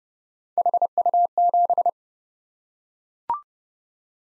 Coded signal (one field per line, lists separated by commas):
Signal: Morse code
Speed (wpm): 28 wpm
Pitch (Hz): 700 Hz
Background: none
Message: HU7